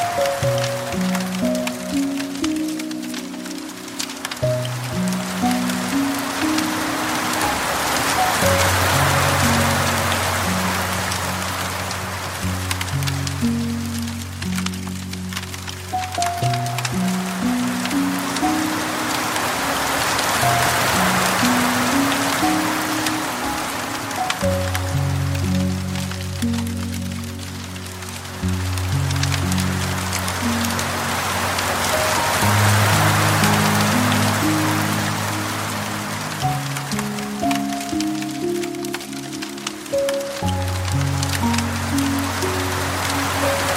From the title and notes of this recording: Rain, Wind Chimes & Uplifting Piano. Let the gentle rain, soft notes of the piano, and the delicate sounds of wind chimes transport you to a state of morning tranquility.